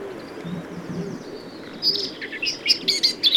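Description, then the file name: Eurasian blackcap song, a short burst of clear fluty high notes in the second half, with soft low dove cooing underneath at the start. "Sylvia atricapilla"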